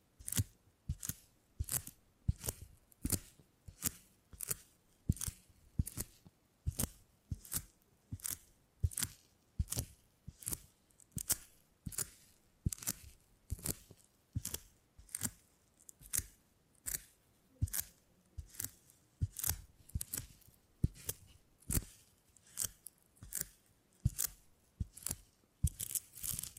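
Beeswax being worked in a steady rhythm of sharp, crisp crunches and crackles, about two per second for the whole stretch. Each burst is short and bright, with quiet gaps between and a faint soft rustle underneath.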